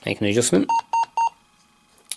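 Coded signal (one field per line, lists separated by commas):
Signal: none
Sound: scanner key press beeps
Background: speech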